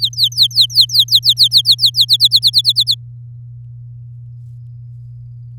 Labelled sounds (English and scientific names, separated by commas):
Domestic Canary (Serinus canaria) song